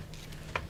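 The bottom clip of a plastic cover is pressed home into a PC case or cooler, with a few faint ticks before a sharp click at 0.6 s and one more faint tick near 0.7 s. The clip clicks back in place and is seated.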